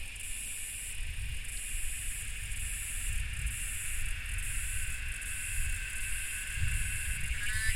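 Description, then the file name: Cicadas keep up a shrill, nearly continuous buzzing with faint pulsing, a second steadier drone beneath, and low rolling rumbles throughout. Cicadas recorded during thunder. "AMB CICADAS THUNDER"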